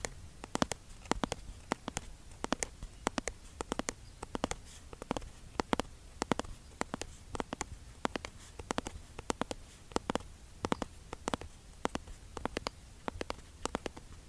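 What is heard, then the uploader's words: Skincare product tapping: sharp, crisp taps come in quick, irregular bursts across the whole span, often two or three close together, roughly several per second. Each tap is brief and bright. Behind them sits a soft, steady low hum. Skincare product tapping. Blue yeti microphone.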